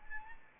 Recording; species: mosquito wingbeat signal from an infrared sensor; Anopheles arabiensis